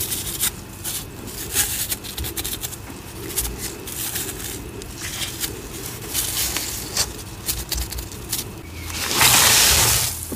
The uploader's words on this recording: Making Citric Acid Dyed Chalk & Cornstarch Crunchies. Pouring, powder play, cornstarch squeaks, citric acid sizzles, and more enticing asmr sounds.